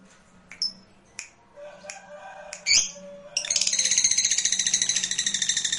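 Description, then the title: Lovebird with a few single high squeaks, then breaking into a fast, continuous run of shrill, rattling chirps. Meant to stimulate a lazy, non-singing lovebird to sing spontaneously. "LOVEBIRD Malas Bunyi JADI GREGET SPONTAN Langsung NARIK"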